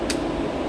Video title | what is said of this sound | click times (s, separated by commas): EV Charging Safety 101 | the handle pops back now you know you're okay | 0.1 s